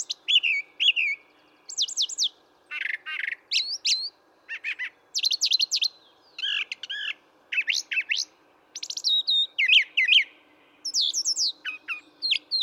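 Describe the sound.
Brown thrasher song: lively sequence of high whistled and chattering phrases, often repeated twice, mixed with buzzy notes, continuing throughout without other sounds.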